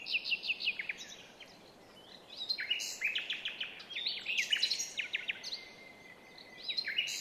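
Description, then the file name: Common nightingale song: quick repeated chirps, a pause, then rich chattering phrases and a drawn-out level whistle. "Luscinia megarhynchos"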